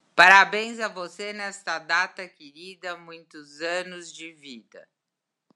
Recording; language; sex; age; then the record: short text; Brazilian Portuguese; female; 60 to 69 years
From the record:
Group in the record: control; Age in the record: 65 years